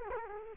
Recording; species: mosquito wingbeat signal from an infrared sensor; Culex quinquefasciatus